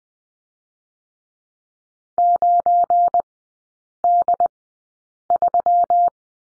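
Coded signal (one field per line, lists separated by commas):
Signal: Morse code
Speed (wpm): 20 wpm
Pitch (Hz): 700 Hz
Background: none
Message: 9D3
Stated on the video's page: Morse code course lesson drill on the slash and three characters, sent with Farnsworth spacing at 20/10 wpm.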